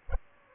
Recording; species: mosquito wingbeat signal from an infrared sensor; Aedes aegypti